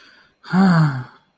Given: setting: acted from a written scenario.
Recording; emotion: vocal sound without words; disappointment